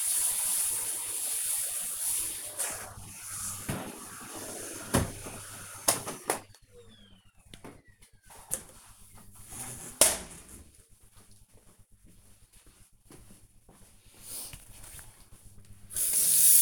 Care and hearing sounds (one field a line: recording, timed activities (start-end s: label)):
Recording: household activities, microphone on the right wrist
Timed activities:
0.00-6.57 s: vacuum cleaning
14.62-16.62 s: washing hands